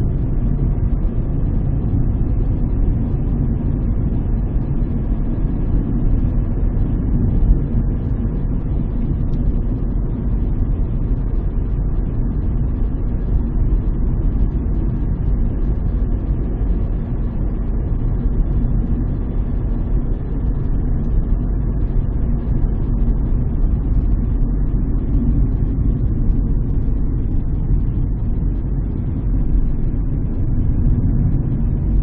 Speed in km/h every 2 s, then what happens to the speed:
42, 46, 48, 48, 45, 45, 44, 45, 46, 45, 45, 43, 41, 35, 35, 38.
0-6 speeds up to 48. 6-20 steady at about 45. 20-26 slows to 35. 26-32 steady at about 35.